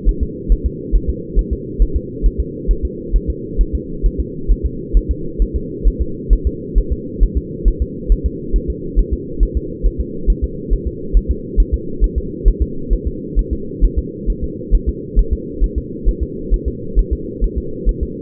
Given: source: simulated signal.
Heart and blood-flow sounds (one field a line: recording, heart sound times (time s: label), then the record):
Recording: fetal heart sounds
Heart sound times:
0.09 s: S1
0.23 s: S2
0.52 s: S1
0.66 s: S2
0.95 s: S1
1.10 s: S2
1.39 s: S1
1.53 s: S2
1.82 s: S1
1.96 s: S2
2.26 s: S1
2.40 s: S2
2.71 s: S1
2.85 s: S2
3.16 s: S1
3.30 s: S2
3.61 s: S1
3.75 s: S2
4.06 s: S1
4.20 s: S2
4.51 s: S1
4.66 s: S2
4.97 s: S1
5.11 s: S2
5.42 s: S1
5.56 s: S2
5.88 s: S1
6.02 s: S2
6.33 s: S1
6.47 s: S2
6.78 s: S1
6.92 s: S2
7.23 s: S1
7.38 s: S2
7.68 s: S1
7.82 s: S2
8.12 s: S1
8.26 s: S2
8.56 s: S1
8.70 s: S2
8.99 s: S1
9.13 s: S2
9.43 s: S1
9.57 s: S2
9.86 s: S1
10.00 s: S2
10.30 s: S1
10.44 s: S2
10.73 s: S1
10.88 s: S2
11.17 s: S1
11.31 s: S2
11.60 s: S1
11.74 s: S2
12.04 s: S1
12.18 s: S2
12.48 s: S1
12.62 s: S2
12.93 s: S1
13.07 s: S2
13.39 s: S1
13.53 s: S2
13.84 s: S1
13.99 s: S2
14.30 s: S1
14.44 s: S2
14.75 s: S1
14.89 s: S2
15.19 s: S1
15.33 s: S2
15.64 s: S1
15.78 s: S2
16.08 s: S1
16.23 s: S2
16.54 s: S1
16.68 s: S2
16.99 s: S1
17.13 s: S2
17.44 s: S1
17.58 s: S2
17.89 s: S1
18.03 s: S2
From the record:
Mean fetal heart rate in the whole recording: 135 bpm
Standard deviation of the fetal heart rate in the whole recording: 3 bpm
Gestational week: 36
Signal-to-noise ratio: -4.3 dB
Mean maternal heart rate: 72 bpm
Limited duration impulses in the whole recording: absent